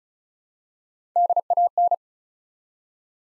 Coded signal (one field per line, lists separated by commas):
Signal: Morse code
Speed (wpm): 36 wpm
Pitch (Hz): 700 Hz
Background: none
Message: DAN